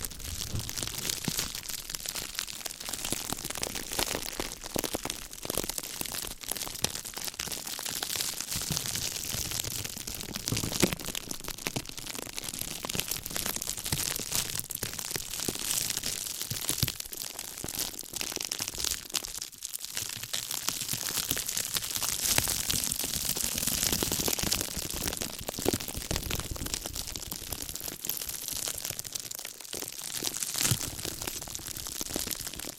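Gentle crinkling goes on the whole time, a soft, dense rustle that stays bright and papery with little low sound beneath it. The texture is busy but even, with small crackles and brief dips, such as one near twenty seconds, and no long pauses.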